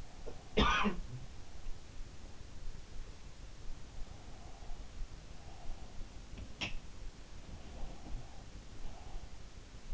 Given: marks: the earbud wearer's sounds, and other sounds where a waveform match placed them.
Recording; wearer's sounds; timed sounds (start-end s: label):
sounds in sleep by an in-ear microphone; cough or throat clearing or sniffle
0.00-1.56 s: cough or throat clearing or sniffle